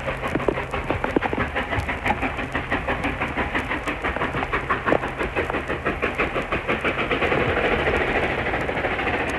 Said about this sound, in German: So, dann lassen wir hinten ein bisschen die Lokgeräusche spazieren gehen